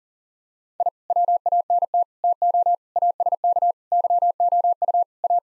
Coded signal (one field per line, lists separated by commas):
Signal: Morse code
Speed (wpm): 37 wpm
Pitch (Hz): 700 Hz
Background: none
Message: I WANT TO ASK YOU A